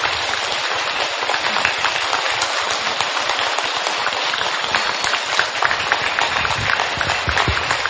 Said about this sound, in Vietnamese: Xin quý vị cho tràng pháo tay thật lớn ạ.